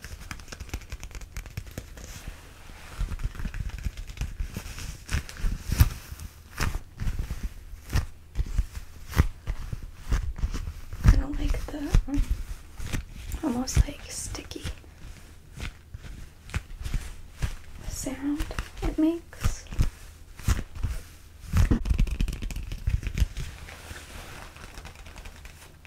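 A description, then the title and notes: Fabric scratching and rustling in uneven bursts of dry clicks and scrapes, with occasional brief tonal squeaks around the middle and later. ASMR Fabric Scratching (SHEIN Clothing Try-On Haul).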